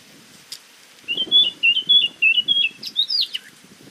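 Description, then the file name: Eurasian blackcap delivering a rapid chain of looping high notes, ending with a rising-then-falling flourish, with faint low background noise. "Sylvia atricapilla"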